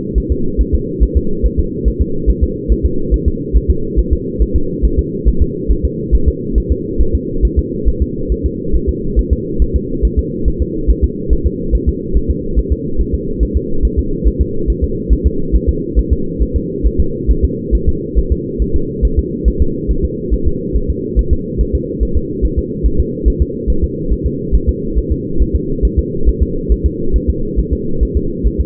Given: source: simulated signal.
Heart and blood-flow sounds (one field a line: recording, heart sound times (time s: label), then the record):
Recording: fetal heart sounds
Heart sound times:
0.18 s: S1
0.32 s: S2
0.61 s: S1
0.75 s: S2
1.03 s: S1
1.17 s: S2
1.46 s: S1
1.59 s: S2
1.88 s: S1
2.02 s: S2
2.30 s: S1
2.43 s: S2
2.72 s: S1
2.86 s: S2
3.14 s: S1
3.28 s: S2
3.57 s: S1
3.70 s: S2
3.99 s: S1
4.13 s: S2
4.42 s: S1
4.56 s: S2
4.85 s: S1
4.99 s: S2
5.28 s: S1
5.42 s: S2
5.72 s: S1
5.85 s: S2
6.15 s: S1
6.28 s: S2
6.58 s: S1
6.72 s: S2
7.01 s: S1
7.15 s: S2
7.45 s: S1
7.59 s: S2
7.89 s: S1
8.02 s: S2
8.32 s: S1
8.46 s: S2
8.76 s: S1
8.89 s: S2
9.19 s: S1
9.33 s: S2
9.62 s: S1
9.76 s: S2
10.05 s: S1
10.19 s: S2
10.48 s: S1
10.62 s: S2
10.90 s: S1
11.04 s: S2
11.33 s: S1
11.47 s: S2
11.75 s: S1
11.89 s: S2
12.17 s: S1
12.30 s: S2
12.59 s: S1
12.72 s: S2
13.01 s: S1
13.14 s: S2
13.43 s: S1
13.57 s: S2
13.85 s: S1
13.99 s: S2
14.28 s: S1
14.41 s: S2
14.70 s: S1
14.84 s: S2
15.13 s: S1
15.26 s: S2
15.56 s: S1
15.69 s: S2
15.99 s: S1
16.12 s: S2
16.43 s: S1
16.56 s: S2
16.87 s: S1
17.00 s: S2
17.31 s: S1
17.44 s: S2
17.75 s: S1
17.89 s: S2
18.19 s: S1
18.32 s: S2
18.62 s: S1
18.76 s: S2
19.05 s: S1
19.19 s: S2
19.48 s: S1
19.62 s: S2
19.91 s: S1
20.05 s: S2
20.34 s: S1
20.47 s: S2
20.77 s: S1
20.90 s: S2
21.19 s: S1
21.33 s: S2
21.61 s: S1
21.75 s: S2
22.03 s: S1
22.17 s: S2
22.45 s: S1
22.59 s: S2
22.86 s: S1
23.00 s: S2
23.28 s: S1
23.42 s: S2
23.70 s: S1
23.84 s: S2
24.13 s: S1
24.26 s: S2
24.55 s: S1
24.69 s: S2
24.98 s: S1
25.12 s: S2
25.42 s: S1
25.56 s: S2
25.85 s: S1
25.99 s: S2
26.29 s: S1
26.42 s: S2
26.72 s: S1
26.86 s: S2
27.16 s: S1
27.30 s: S2
27.59 s: S1
27.73 s: S2
28.03 s: S1
28.17 s: S2
28.47 s: S1
28.60 s: S2
From the record:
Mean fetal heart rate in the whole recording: 140 bpm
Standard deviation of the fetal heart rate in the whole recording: 2 bpm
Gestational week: 34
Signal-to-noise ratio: -8.1 dB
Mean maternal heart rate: 72 bpm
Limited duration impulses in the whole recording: absent